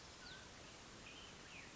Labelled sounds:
Mountain Quail (Oreortyx pictus)
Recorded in Sonoma County, California

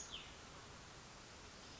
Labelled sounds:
Cassin's Vireo (Vireo cassinii)
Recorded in Sonoma County, California

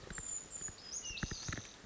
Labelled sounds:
Brown Creeper (Certhia americana)
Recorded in Sonoma County, California

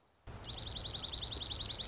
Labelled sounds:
Dark-eyed Junco (Junco hyemalis)
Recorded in Sonoma County, California

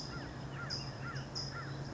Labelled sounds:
California Towhee (Melozone crissalis)
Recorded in Sonoma County, California

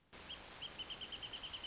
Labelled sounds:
Wrentit (Chamaea fasciata)
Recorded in Sonoma County, California

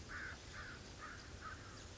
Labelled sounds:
American Crow (Corvus brachyrhynchos)
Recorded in Sonoma County, California

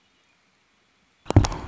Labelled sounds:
Red-winged Blackbird (Agelaius phoeniceus)
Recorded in Sonoma County, California

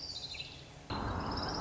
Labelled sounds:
Orange-crowned Warbler (Leiothlypis celata)
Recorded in Sonoma County, California

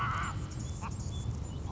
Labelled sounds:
Anna's Hummingbird (Calypte anna)
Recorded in Sonoma County, California

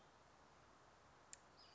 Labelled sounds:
Western Flycatcher (Empidonax difficilis)
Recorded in Sonoma County, California

